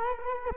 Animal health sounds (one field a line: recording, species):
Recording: mosquito wingbeat signal from an infrared sensor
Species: Culex quinquefasciatus